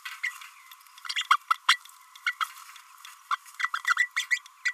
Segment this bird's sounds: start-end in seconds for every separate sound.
0.23-0.32, 1.15-1.24, 1.30-1.37, 1.50-1.54, 1.68-1.79, 2.26-2.35, 2.40-2.45, 3.30-3.37, 3.59-3.70, 3.73-3.82, 3.96-4.09, 4.16-4.26, 4.30-4.40